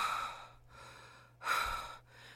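Two soft, airy breaths imitated by an adult man with his mouth: the fine, normal breath sounds heard with a stethoscope further out from the windpipe, down toward the lung bases near the diaphragm, finer than the coarse, snoring-type sounds heard near the windpipe.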